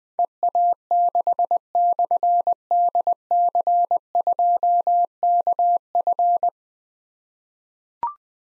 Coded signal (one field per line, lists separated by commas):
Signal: Morse code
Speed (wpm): 20 wpm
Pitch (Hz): 700 Hz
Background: none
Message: EA6/DC2KF